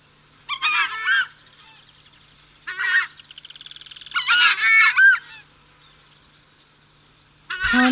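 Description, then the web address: Southern screamer calling repeatedly with loud, harsh honks in several short bursts. "crestedscreamer"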